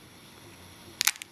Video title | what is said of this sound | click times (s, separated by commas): Attaching LBS | push until it clicks and | 1.0 s, 1.1 s